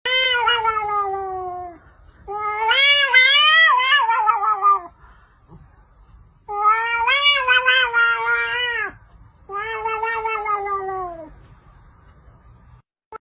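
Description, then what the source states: Cat caterwauling, four long, drawn-out wails with wavering, bending pitch, separated by short pauses. Cat sound described as 'wha-wha-wha'.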